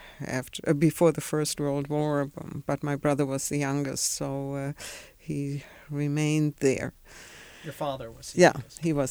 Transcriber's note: none